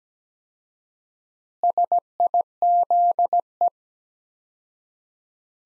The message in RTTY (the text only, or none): none